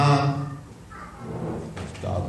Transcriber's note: child fretting